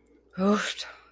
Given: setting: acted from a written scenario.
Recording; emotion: vocal sound without words; relief